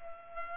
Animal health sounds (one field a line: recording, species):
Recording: mosquito wingbeat signal from an infrared sensor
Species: Culex pipiens